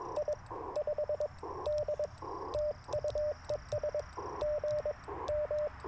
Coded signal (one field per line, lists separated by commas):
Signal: Morse code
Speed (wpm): 22 wpm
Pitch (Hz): 600 Hz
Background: radio noise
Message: I5D TU ES GM